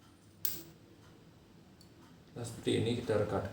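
A plastic RJ45 connector, with the twisted-pair LAN cable wires inserted, is squeezed in a crimping tool, and a sharp loud snap at 0.4 s marks the crimp seating the connector onto the cable. After a quiet stretch, someone talks from about 2.4 s to the end.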